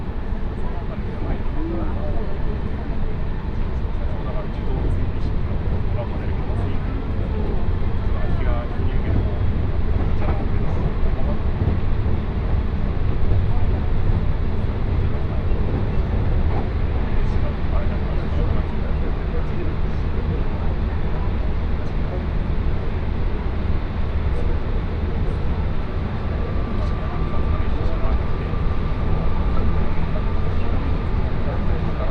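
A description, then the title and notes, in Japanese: A ride on a Tokaido Line special rapid train, with a dense, steady low rumble of the carriage running the whole time. Faint murmuring voices sit under the noise, and a thin tone rises briefly near the twenty-seven second mark. 耳で楽しむ鉄道旅 東海道本線新快速 草津→新大阪。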